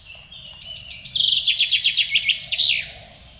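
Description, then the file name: Common chaffinch singing a descending run of crisp, rapid notes into a loud rattling trill that ends with a brief flourish. Low steady background noise. "Fringilla coelebs"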